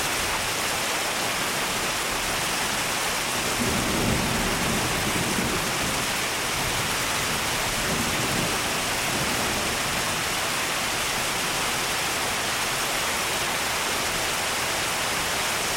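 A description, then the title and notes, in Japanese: Steady, dense rain hisses evenly across the whole stretch, bright. Low rumbles of thunder swell underneath around four to six seconds and again near eight seconds, soft rather than sharp cracks. 雨と雷の音。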